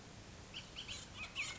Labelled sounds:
Bullock's Oriole (Icterus bullockii)
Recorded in Sonoma County, California

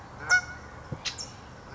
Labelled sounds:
California Towhee (Melozone crissalis)
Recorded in Sonoma County, California

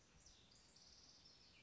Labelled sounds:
House Wren (Troglodytes aedon)
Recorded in Sonoma County, California

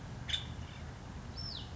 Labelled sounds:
Nuttall's Woodpecker (Dryobates nuttallii)
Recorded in Sonoma County, California

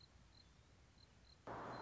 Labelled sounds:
Song Sparrow (Melospiza melodia)
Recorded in Sonoma County, California

